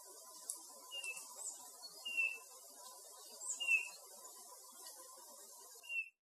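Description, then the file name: Eurasian bullfinch giving a few soft, short, slightly descending piping calls, faint over a steady hiss and hum. "Pyrrhula pyrrhula"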